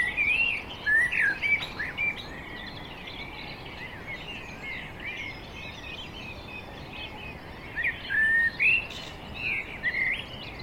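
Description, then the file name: Common blackbird song, two bursts of mellow fluted whistles at start and end separated by a quiet gap with soft background noise. "Turdus merula"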